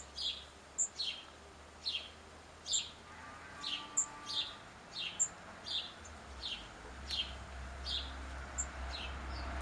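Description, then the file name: House sparrow calling with a series of clear, downward chirps over a low background rumble. "Passer domesticus"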